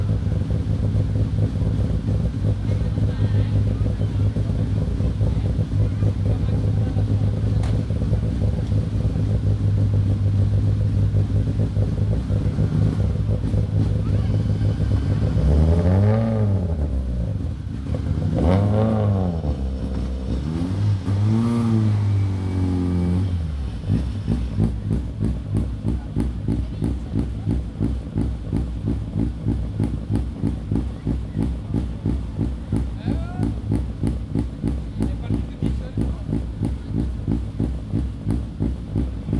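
Cars starting up, with a steady low engine rumble running throughout. Around the middle, roughly from 15 to 23 seconds, several engines rev up and down in rising and falling sweeps. After that, a rapid even idling chug continues to the end.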